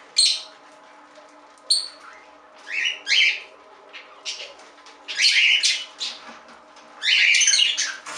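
Budgerigar calls: scattered scratchy chirps and squawky bursts separated by quiet gaps of up to about a second, ending in a longer harsh warble.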